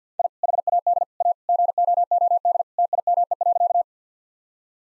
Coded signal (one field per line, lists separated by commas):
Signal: Morse code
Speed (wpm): 50 wpm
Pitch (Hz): 700 Hz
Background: none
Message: I HAD A GOOD TIME.